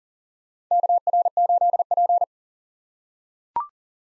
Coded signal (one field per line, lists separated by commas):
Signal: Morse code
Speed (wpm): 40 wpm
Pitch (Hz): 700 Hz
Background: none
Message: KR8P